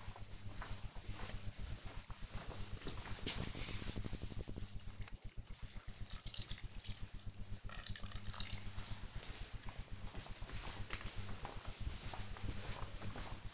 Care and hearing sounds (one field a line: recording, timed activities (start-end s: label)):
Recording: household activities, microphone on the right wrist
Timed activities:
0.00-13.54 s: watering plant